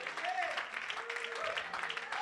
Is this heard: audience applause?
yes